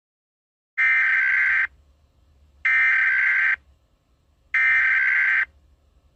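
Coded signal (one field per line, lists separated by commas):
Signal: Emergency Alert System (SAME) tones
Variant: header bursts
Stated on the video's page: Fictional EAS scenario.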